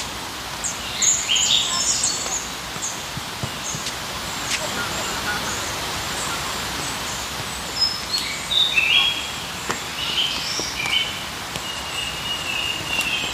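Outdoor ambience in the park, a steady soft hiss with light rustling throughout. Birds chirp and trill high up, scattered across the whole stretch, with a few brief sharp ticks and clicks around four, nine and ten seconds.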